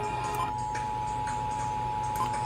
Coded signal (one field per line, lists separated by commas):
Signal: Emergency Alert System (SAME) tones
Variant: 853 and 960 Hz attention tone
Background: music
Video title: SEVERE THUNDERSTORM WARNING ON WKML AND WQSM FM EAS #4004 - #4005